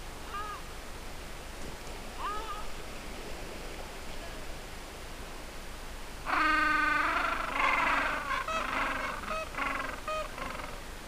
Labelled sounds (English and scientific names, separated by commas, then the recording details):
Gentoo Penguin (Pygoscelis papua)
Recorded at the colony at Cape Tuxen, Antarctica, on 4 January 2015
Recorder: Song Meter SM2+